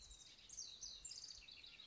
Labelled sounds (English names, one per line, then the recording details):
House Wren
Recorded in Sonoma County, California